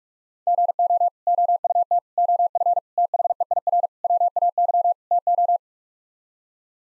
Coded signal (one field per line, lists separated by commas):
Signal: Morse code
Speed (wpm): 47 wpm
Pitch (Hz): 700 Hz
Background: none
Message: GO OUT OF THEIR WAY TO